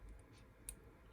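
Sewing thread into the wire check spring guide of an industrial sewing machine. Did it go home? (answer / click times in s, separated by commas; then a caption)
yes / 0.7 s. On a Titan TN 1541S industrial sewing machine, sewing thread is held tight at the top and pulled so it slips into the small wire check spring guide. A single very quiet, light click is heard at 0.7 s over a low background hum, as the thread seats in the guide.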